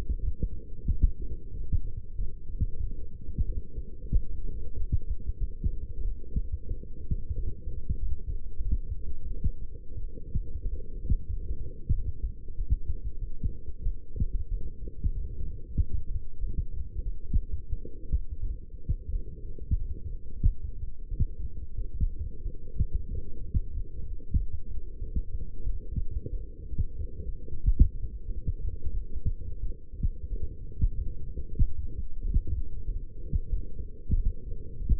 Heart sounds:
heart sounds by stethoscope; 92 bpm
0.20 s: heartbeat
0.87 s: heartbeat
1.52 s: heartbeat
2.16 s: heartbeat
2.81 s: heartbeat
3.47 s: heartbeat
4.12 s: heartbeat
4.75 s: heartbeat
5.39 s: heartbeat
6.03 s: heartbeat
6.68 s: heartbeat
7.34 s: heartbeat
7.99 s: heartbeat
8.63 s: heartbeat
9.28 s: heartbeat
9.95 s: heartbeat
10.63 s: heartbeat
11.29 s: heartbeat
11.93 s: heartbeat
12.56 s: heartbeat
13.20 s: heartbeat
13.83 s: heartbeat
14.49 s: heartbeat
15.13 s: heartbeat
15.76 s: heartbeat
16.39 s: heartbeat
17.04 s: heartbeat
17.70 s: heartbeat
18.41 s: heartbeat
19.11 s: heartbeat
19.77 s: heartbeat
20.43 s: heartbeat
21.09 s: heartbeat
21.76 s: heartbeat
22.43 s: heartbeat
23.09 s: heartbeat
23.73 s: heartbeat
24.36 s: heartbeat
24.99 s: heartbeat
25.64 s: heartbeat
26.31 s: heartbeat
26.96 s: heartbeat
27.61 s: heartbeat
28.26 s: heartbeat
28.92 s: heartbeat
29.61 s: heartbeat
30.29 s: heartbeat
30.94 s: heartbeat
31.58 s: heartbeat
32.22 s: heartbeat
32.86 s: heartbeat
33.50 s: heartbeat
34.15 s: heartbeat
34.78 s: heartbeat
From the record:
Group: healthy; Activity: light exercise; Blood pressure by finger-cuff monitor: 131/73 mmHg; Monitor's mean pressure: 89 mmHg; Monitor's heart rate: 92 bpm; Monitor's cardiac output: 8 L/min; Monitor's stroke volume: 87 mL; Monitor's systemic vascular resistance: 810 dyn s/cm5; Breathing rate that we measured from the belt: 16 breaths a minute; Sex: female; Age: 22 years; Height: 171 cm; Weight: 65.6 kg

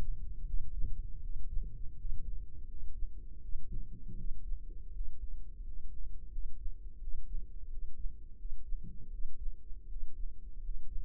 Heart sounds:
heart sounds by microphone in the left ear; 83 bpm
0.45 s: heartbeat
1.20 s: heartbeat
1.95 s: heartbeat
2.65 s: heartbeat
3.40 s: heartbeat
4.15 s: heartbeat
4.91 s: heartbeat
5.61 s: heartbeat
6.29 s: heartbeat
6.98 s: heartbeat
7.67 s: heartbeat
8.36 s: heartbeat
9.09 s: heartbeat
9.87 s: heartbeat
10.59 s: heartbeat
From the record:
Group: healthy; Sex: male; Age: 22 years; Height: 181 cm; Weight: 60 kg

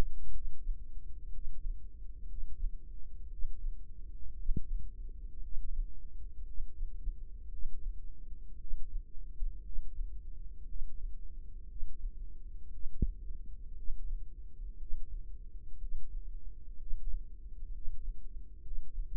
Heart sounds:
heart sounds by microphone in the right ear; 59 bpm
0.30 s: heartbeat
1.30 s: heartbeat
2.25 s: heartbeat
3.27 s: heartbeat
4.34 s: heartbeat
5.40 s: heartbeat
6.44 s: heartbeat
7.49 s: heartbeat
8.57 s: heartbeat
9.62 s: heartbeat
10.65 s: heartbeat
11.66 s: heartbeat
12.70 s: heartbeat
13.74 s: heartbeat
14.77 s: heartbeat
15.78 s: heartbeat
16.77 s: heartbeat
17.71 s: heartbeat
18.62 s: heartbeat
From the record:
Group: healthy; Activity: Valsalva maneuver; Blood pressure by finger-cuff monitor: 87/53 mmHg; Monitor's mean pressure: 62 mmHg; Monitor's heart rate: 58 bpm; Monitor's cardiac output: 4.6 L/min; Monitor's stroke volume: 80 mL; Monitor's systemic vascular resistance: 970 dyn s/cm5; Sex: female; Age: 28 years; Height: 170 cm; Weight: 77 kg

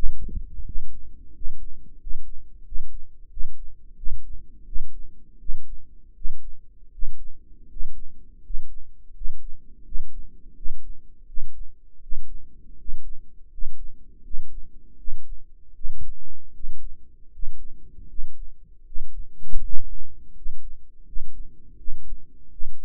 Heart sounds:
heart sounds by microphone in the right ear; 82 bpm
0.66 s: heartbeat
1.35 s: heartbeat
2.00 s: heartbeat
2.65 s: heartbeat
3.30 s: heartbeat
3.97 s: heartbeat
4.66 s: heartbeat
5.40 s: heartbeat
6.15 s: heartbeat
6.92 s: heartbeat
7.70 s: heartbeat
8.43 s: heartbeat
9.14 s: heartbeat
9.85 s: heartbeat
10.56 s: heartbeat
11.27 s: heartbeat
12.02 s: heartbeat
12.78 s: heartbeat
13.51 s: heartbeat
14.23 s: heartbeat
14.98 s: heartbeat
15.74 s: heartbeat
16.53 s: heartbeat
17.32 s: heartbeat
18.08 s: heartbeat
18.85 s: heartbeat
19.62 s: heartbeat
20.34 s: heartbeat
21.05 s: heartbeat
21.77 s: heartbeat
22.51 s: heartbeat
From the record:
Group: healthy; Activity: rest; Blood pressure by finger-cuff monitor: 106/67 mmHg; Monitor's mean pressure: 76 mmHg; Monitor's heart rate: 81 bpm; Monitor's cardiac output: 6.6 L/min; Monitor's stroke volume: 81 mL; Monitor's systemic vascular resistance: 830 dyn s/cm5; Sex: male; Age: 35 years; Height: 180 cm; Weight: 86.9 kg

